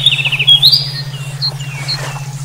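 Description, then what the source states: Songbird giving a quick rattling trill that runs into a long rising whistle, then softer chirps, over a low steady pulsing hum. Brainwave therapy track for omkicau songbird training.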